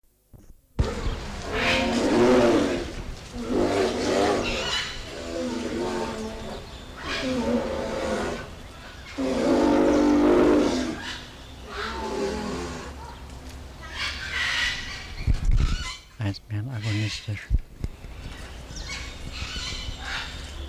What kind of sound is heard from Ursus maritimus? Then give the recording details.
aggressive call. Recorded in captivity. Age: adult. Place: Zoo Berlin, Berlin, DE. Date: 1999-07-20 17:35. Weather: fair to thunderstorm, 26-28°C. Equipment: Sony WM-D6C, Sennheiser ME 80, Kopie Uher 4000 Report Monitor. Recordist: Tembrock, Günter